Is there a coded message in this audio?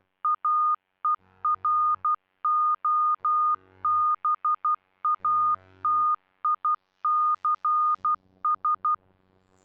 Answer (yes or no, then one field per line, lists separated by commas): yes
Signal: Morse code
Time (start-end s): 0.2-8.9 s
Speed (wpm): 12 wpm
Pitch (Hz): 1220 Hz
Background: none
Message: AEROBATICS